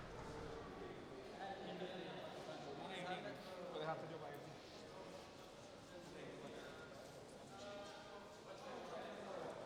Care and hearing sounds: everyday scene through a hearing-aid microphone; reverberant space; background noise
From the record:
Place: railway station hall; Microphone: in the ear canal, right

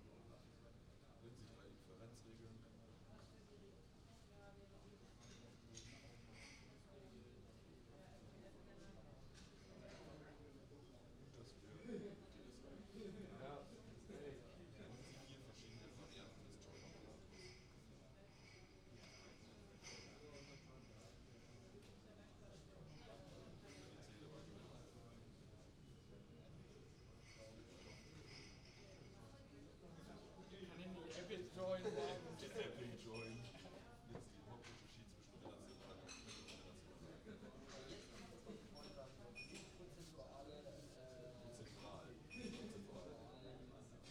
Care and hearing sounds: everyday scene through a hearing-aid microphone; many people talking; many voices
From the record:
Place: university cafeteria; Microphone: in the ear canal, right

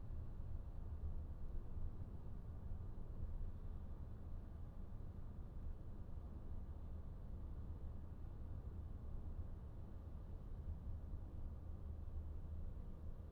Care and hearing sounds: everyday scene through a hearing-aid microphone; in a vehicle; engine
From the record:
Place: VW T5 Caravelle, diesel engine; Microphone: behind the ear, right, front

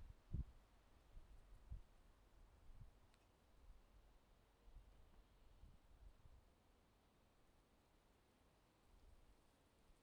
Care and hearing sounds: everyday scene through a hearing-aid microphone; wind on the microphone; wind, traffic, birds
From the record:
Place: suburban garden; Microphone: in the ear canal, left

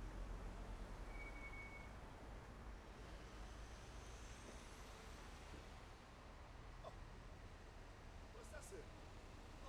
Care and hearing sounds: everyday scene through a hearing-aid microphone; in traffic; traffic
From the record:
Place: main road on the outskirts, rush hour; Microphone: behind the ear, left, rear

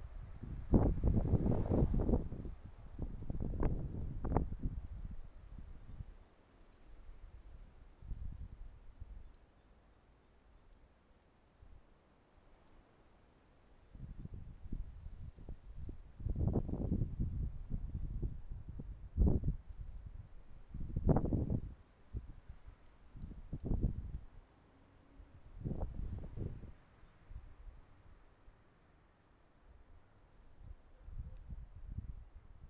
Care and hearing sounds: everyday scene through a hearing-aid microphone; wind on the microphone; wind, traffic, birds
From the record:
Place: suburban garden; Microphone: behind the ear, right, front

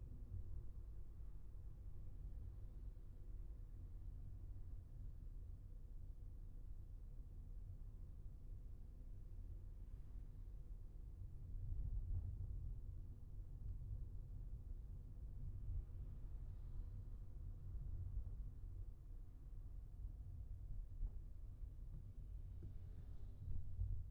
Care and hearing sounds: everyday scene through a hearing-aid microphone; in a vehicle; engine, traffic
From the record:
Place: Skoda Fabia, gasoline engine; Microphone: behind the ear, left, rear

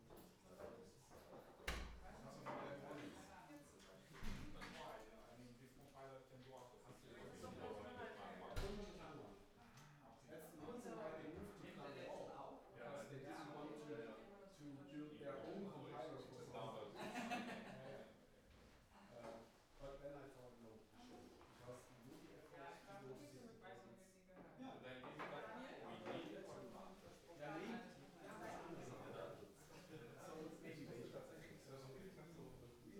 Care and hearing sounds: everyday scene through a hearing-aid microphone; many people talking; many voices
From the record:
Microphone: behind the ear, right, front

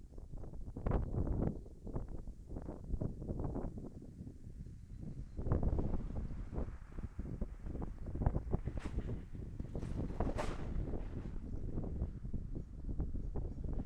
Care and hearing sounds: everyday scene through a hearing-aid microphone; wind on the microphone; wind, traffic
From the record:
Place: in front of a rural house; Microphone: behind the ear, left, front

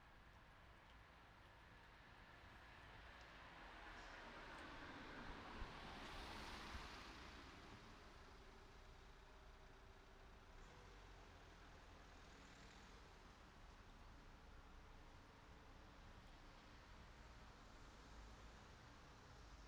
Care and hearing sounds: everyday scene through a hearing-aid microphone; in traffic; traffic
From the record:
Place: city secondary road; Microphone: in the ear canal, right

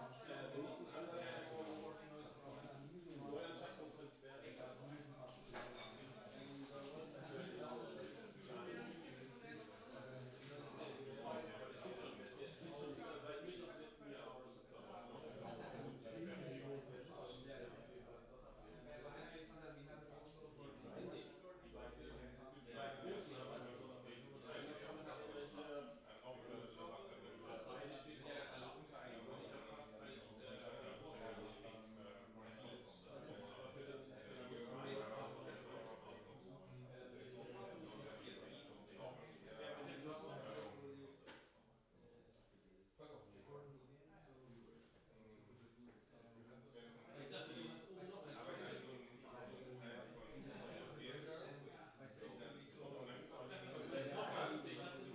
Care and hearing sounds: everyday scene through a hearing-aid microphone; many people talking; many voices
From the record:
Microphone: in the ear canal, left

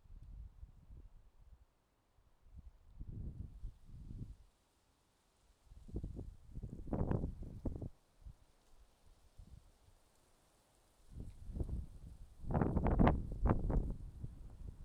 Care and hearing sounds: everyday scene through a hearing-aid microphone; wind on the microphone; wind, traffic, birds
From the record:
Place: suburban garden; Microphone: in the ear canal, left

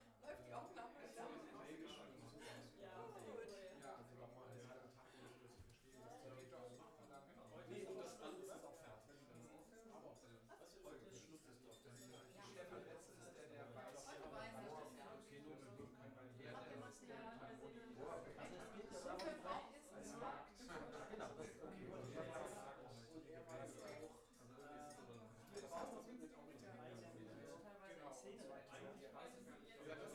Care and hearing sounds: everyday scene through a hearing-aid microphone; many people talking; many voices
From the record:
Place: bistro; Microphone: behind the ear, left, rear

